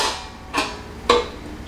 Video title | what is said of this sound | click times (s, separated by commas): Weston Pro Series 22 Unboxing & Review - Raw Food Diet for Dogs | Just snaps into place right here. | 1.1 s